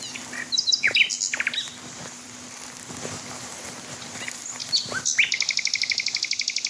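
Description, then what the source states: Common Nightingale song: fast repeated chirping trills and rattling phrases, starting and ending with rapid pulsed series, over a steady low hum. Male nightingale singing on a still night in fields under a half-full waning moon with slowly drifting clouds.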